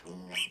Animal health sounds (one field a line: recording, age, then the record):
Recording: pig call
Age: piglet (1 to 25 days)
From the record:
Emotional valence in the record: negative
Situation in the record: castration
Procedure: castration, shear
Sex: male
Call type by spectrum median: high-frequency call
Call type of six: mixed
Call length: 0.51 s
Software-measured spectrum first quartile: 1862 Hz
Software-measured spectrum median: 2734 Hz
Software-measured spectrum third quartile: 3472 Hz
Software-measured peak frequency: 3019 Hz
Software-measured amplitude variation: 135 dB a second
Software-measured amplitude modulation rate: 18.7 a second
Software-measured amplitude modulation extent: 7.2 dB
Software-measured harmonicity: 6.3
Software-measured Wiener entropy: -2.63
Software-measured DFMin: 870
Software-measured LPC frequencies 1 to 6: 2361, 2802, 3076, 5475, 7718, 8472 Hz